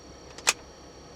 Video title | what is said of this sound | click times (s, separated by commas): 【神ツール】iPadがSwitchモニターになる「Genki ShadowCast 2」！衝撃…あの「Switch2」でも使えたぞ！？緊急実機レビュー！ | it clicks into place like this | 0.5 s